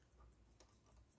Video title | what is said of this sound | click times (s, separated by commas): Pfaff Variomatic 6085 sewing machine. Complet tutorial, PART 1. | aici până face click | 0.6 s